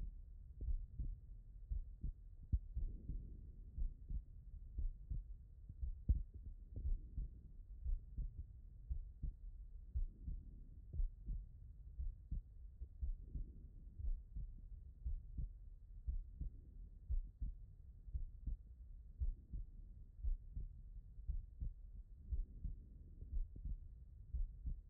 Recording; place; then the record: heart sounds by stethoscope; pulmonary valve (PV)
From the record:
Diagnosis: non-HFrEF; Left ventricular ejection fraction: 67%